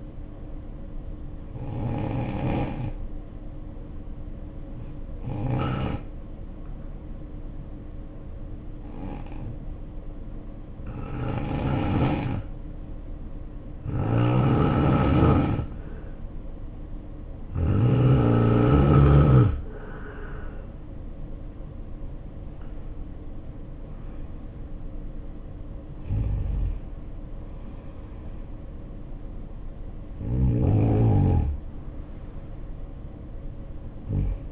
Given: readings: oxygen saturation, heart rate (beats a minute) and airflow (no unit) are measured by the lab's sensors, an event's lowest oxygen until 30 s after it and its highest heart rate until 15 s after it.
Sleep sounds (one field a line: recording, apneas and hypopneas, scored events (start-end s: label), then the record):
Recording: breathing in sleep by a smartphone at the bedside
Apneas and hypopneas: 1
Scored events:
6.00-19.40 s: hypopnea (N3, oxygen 92% highest, then 85% lowest, heart rate 62 at the start, 69 highest)
28.00-34.52 s: new sleep stage, N2 (light sleep)
From the record:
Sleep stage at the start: N3 (deep sleep)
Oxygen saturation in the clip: 89 to 92%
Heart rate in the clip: 61 to 69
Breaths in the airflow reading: 9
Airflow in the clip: -5.9 to 6.8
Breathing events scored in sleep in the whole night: 520 in 7.2 hours asleep